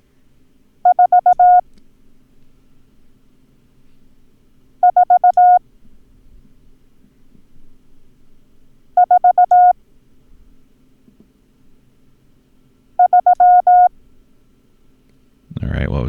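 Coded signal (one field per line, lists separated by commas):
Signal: Morse code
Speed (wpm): 18 wpm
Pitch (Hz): 720 Hz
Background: speech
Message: 4 4 4 3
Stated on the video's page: Lesson drill of the numbers 2, 3, 4, 5, 7, 9 and 0.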